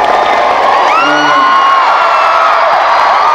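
A crowd at a fan event with Jessica in Thailand applauds loudly and steadily for a few seconds for a game participant, with high whoops and cheering voices rising above the dense wash of clapping.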